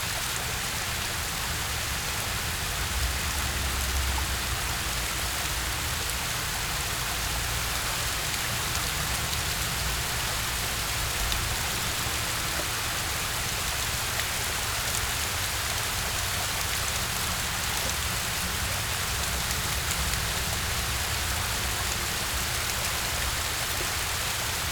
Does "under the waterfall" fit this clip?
yes